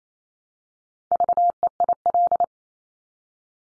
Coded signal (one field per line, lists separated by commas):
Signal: Morse code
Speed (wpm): 28 wpm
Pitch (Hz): 700 Hz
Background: none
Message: VEIL